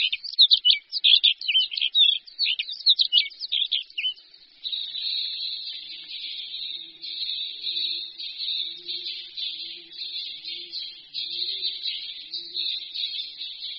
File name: Pěvuška-podhorní